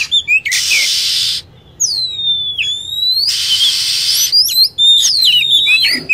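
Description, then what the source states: Lovebird calls: long, shrill whistles that swoop downward, then a rapid run of sharp chirps, set against a thick band of steady, high-pitched chatter. Lure sound for attracting birds.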